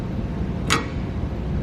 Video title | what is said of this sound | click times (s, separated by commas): REPLACING 4.3 V6 MAP SENSOR, PCV VALVE, and BRAKE BOOSTER CHECK VALVE | So, that pops out of there. | 0.7 s